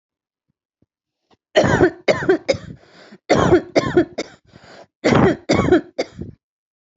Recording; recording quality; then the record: heavy voluntary cough; excellent, no background noise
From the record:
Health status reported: healthy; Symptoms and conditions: none ticked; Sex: female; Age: 24 years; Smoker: not ticked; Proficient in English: yes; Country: United States